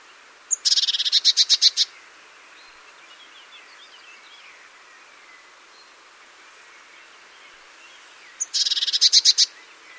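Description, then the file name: Great tit uttering two rasping chatters about eight seconds apart, each a high note then a rapid run of buzzy notes. "Parus major"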